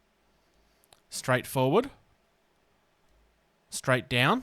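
Someone moves the arm of a SperoToys Primal Chunari Legionary action figure at its plastic shoulder ratchet joint, and two sharp clicks are heard at 0.8 s and 0.9 s as it clicks into its preset positions. The arm seats into place, and someone talks.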